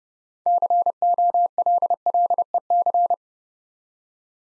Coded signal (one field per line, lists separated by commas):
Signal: Morse code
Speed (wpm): 30 wpm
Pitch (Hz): 700 Hz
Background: none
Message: COLLEC